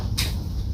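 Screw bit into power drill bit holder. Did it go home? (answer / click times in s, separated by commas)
no / none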